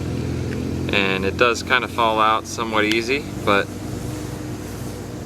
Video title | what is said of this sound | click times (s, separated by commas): How To Clean an Accurate Fury 2-Speed Reel (FX-2 600) | is you got to put this thing back on. It'll just kind of snap into place, | 0.5 s